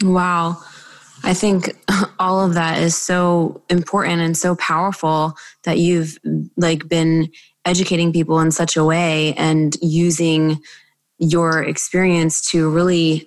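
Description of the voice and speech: An adult woman speaks in a steady, clear voice with a moderate pitch and a few natural pauses between phrases. The speech is fluent and well articulated, with no signs of a voice or speech disorder.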